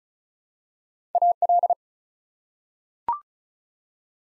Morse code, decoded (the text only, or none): AL